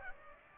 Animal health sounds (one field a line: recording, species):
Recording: mosquito wingbeat signal from an infrared sensor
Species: Aedes aegypti